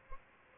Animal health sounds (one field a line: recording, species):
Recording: mosquito wingbeat signal from an infrared sensor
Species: Aedes albopictus